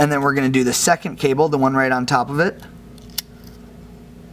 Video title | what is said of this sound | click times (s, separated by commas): LimeTech iPhone 5 Screen / LCD Screen Replacement & Dissassembly Video & Instructions | you just gotta take your time and you got to be gentle so you can hear it snap in | 3.2 s